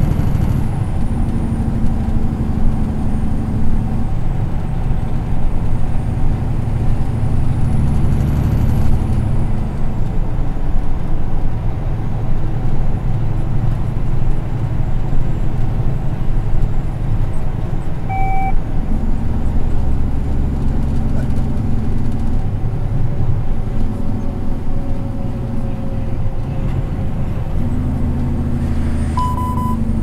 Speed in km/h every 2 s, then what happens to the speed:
82, 78, 78, 80, 81, 80, 80, 79, 79, 76, 72, 70, 67, 64, 60.
0-16 steady at about 80. 16-30 slows to 60.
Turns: none.